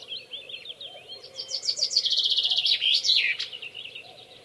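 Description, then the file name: Common chaffinch song: a quick run of bright chipping notes speeding into a rattling trill, then a short descending flourish at the end; soft background noise. "Fringilla coelebs"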